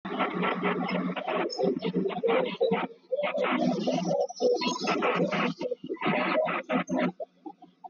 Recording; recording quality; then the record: counting at a fast pace; poor, much background noise or distortion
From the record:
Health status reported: exposed to COVID-19, no respiratory illness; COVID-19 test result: negative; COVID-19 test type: RT-PCR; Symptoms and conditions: cough, fatigue, muscle pain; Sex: female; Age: 27 years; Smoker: no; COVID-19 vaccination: both doses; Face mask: worn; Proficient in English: yes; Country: India